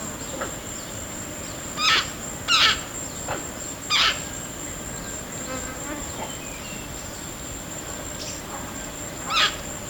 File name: blue naped parrot